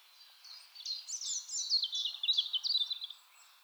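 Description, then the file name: European robin delivering a short, high, tumbling phrase of quick trilled and warbled notes. "Erithacus rubecula"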